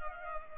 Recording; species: mosquito wingbeat signal from an infrared sensor; Culex pipiens